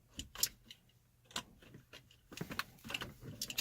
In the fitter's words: let's plug that in go down with a nice click then